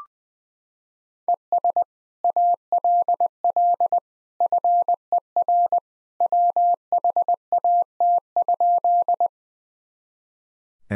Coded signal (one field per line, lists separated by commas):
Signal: Morse code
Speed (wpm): 20 wpm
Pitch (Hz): 700 Hz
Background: none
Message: ES ALL FER WHAT?